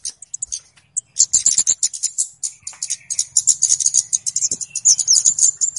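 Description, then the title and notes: Flowerpecker calls: a few isolated ticks, then an intense, fast run of piercing high ticks and chips lasting several seconds. Call used as a lure (pikat) for bird trapping; known locally as Kemade or Cabe Cabean; described as a clear recording. "Kicau Burung Kemade ( Cabe Cabean) Jernih. Suara Burung Cabe Cabean Pikat"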